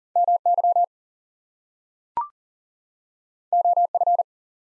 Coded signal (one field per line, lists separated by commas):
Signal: Morse code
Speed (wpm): 40 wpm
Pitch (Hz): 700 Hz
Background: none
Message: MY OF